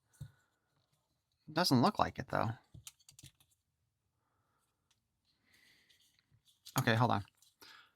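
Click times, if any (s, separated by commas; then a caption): none. Someone talks while handling the plastic leg and body sections of a transforming action figure, pushing them together so they lock into place. Short light clicks and rattles of plastic are heard around 2.9–3.3 seconds and again faintly near the end. Nothing has seated or clicked into place yet.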